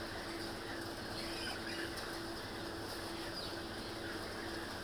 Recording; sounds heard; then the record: poultry house recording; healthy chickens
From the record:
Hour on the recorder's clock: 20